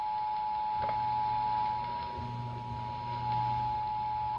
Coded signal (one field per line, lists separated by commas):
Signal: Emergency Alert System (SAME) tones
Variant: 853 and 960 Hz attention tone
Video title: Emergency Alert System: June 6, 2009 3:38 P.M.